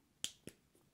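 A plastic terminal lock (secondary lock) is pressed into the rear of a 2-way connector housing and snaps in sharply at 0.2 s, followed by a fainter click at 0.5 s. The lock is seated and the plug is ready.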